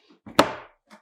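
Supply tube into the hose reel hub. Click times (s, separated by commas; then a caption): 0.4 s. A plastic supply tube is lined up with the exit tube side of the molded plastic reel of a Model #512 Liberty Basics hose reel mount and pressed down into the reel hub. After faint handling rustles, a sharp, loud snap hits at 0.4 s and rings briefly before fading, with a short rustle near the end. The tube is seated in place.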